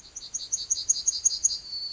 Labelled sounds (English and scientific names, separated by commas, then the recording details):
Yellowhammer (Emberiza citrinella) song
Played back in forest
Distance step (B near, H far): D
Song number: 137